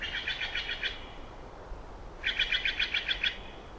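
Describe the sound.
Steller's jay calling in two quick rasping series of repeated notes, separated by a short pause, with faint low noise underneath.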